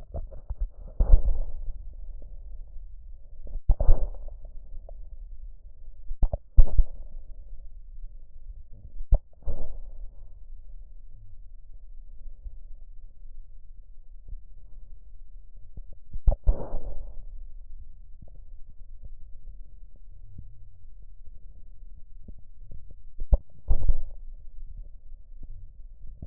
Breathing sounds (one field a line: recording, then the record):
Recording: lung sounds by stethoscope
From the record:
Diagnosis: emphysema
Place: left posterior upper chest